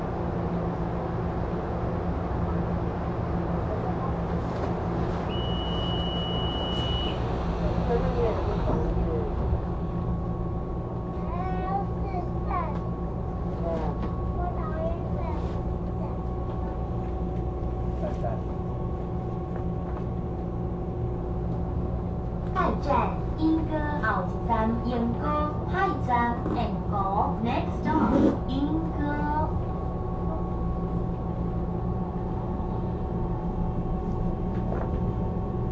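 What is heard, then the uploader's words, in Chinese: Inside a northbound local commuter train, a low, steady rumble and hum fill the whole recording, with a brief high tone near the six-second mark. Voices chatter intermittently from about ten seconds onward, busiest between twenty-three and twenty-nine seconds. 深夜十點桃園北上區間車。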